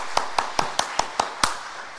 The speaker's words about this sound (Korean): 할렐루야! 할렐루야! 박수로 한번 영광 될까요?